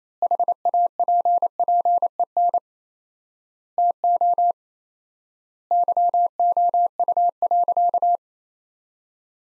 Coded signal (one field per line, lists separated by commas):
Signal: Morse code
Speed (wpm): 28 wpm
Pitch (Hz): 700 Hz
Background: none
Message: HAPPEN TO YOU.